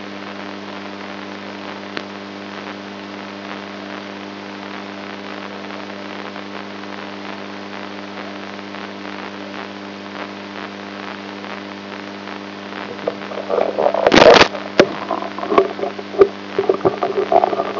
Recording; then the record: brain microelectrode recording played as sound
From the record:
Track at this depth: inside the subthalamic nucleus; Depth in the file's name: 3.121 mm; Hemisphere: right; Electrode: 2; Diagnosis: Parkinson's disease